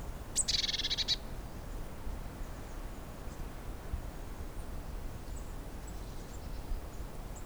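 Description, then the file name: Eurasian blue tit giving a short churring scold, a dense buzzy burst lasting under a second, followed by faint bird notes over low background rumble. "Cyanistes caeruleus"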